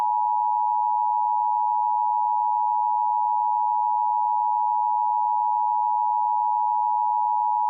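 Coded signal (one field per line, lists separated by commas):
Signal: Emergency Alert System (SAME) tones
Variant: 853 and 960 Hz attention tone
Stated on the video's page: Fictional EAS mock, not a real transmission.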